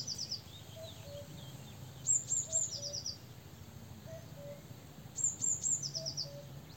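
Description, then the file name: Eurasian blue tit calling: three thin, very high notes followed by a fast buzzy churr, given twice about three seconds apart after the end of a churr at the start, with soft low whistles beneath. "Cyanistes caeruleus"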